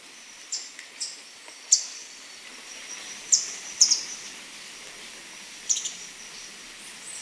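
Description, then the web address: Handsome flycatcher: very high, thin chips and short squeaky notes at irregular intervals, some paired, over a steady background hiss. Ecuador, South America. "Birds of Ecuador Handsome Flycatcher"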